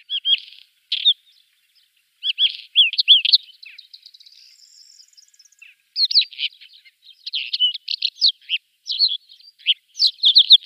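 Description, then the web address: Isabelline wheatear singing a long, varied medley of quick whistles and chattering notes in bursts, with short gaps between phrases. "Schulze Peter Isabelline Wheatear song"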